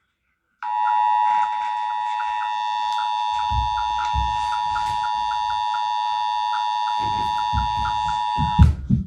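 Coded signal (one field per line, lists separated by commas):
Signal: Emergency Alert System (SAME) tones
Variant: 853 and 960 Hz attention tone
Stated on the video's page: Simulated EAS scenario, fictional.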